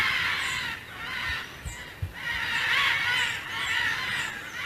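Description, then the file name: Military macaw giving harsh, raspy squawks that swell and fade in several long rolling bursts. "canto del guacamayo militar"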